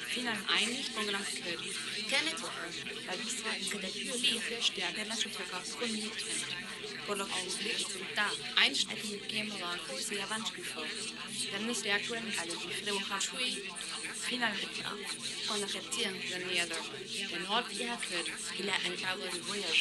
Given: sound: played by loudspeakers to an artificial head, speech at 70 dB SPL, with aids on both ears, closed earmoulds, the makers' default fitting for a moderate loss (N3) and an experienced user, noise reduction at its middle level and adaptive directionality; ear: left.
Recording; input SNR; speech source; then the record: speech test signal (ISTS) in cocktail-party noise; -6 dB; in front (0 degrees)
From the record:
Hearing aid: class 1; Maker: E